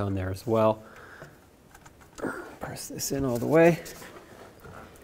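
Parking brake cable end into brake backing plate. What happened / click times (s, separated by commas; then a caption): The cable end is being handled but has not snapped into place yet / none. Someone talks while pressing the greased housing end of a rear driver's side parking brake cable on a 1997-2003 Ford F-150 into its mounting hole on the brake backing plate, with only a few faint ticks in the quiet between words. Nothing has seated or clicked yet; the housing is still being handled and has not snapped home.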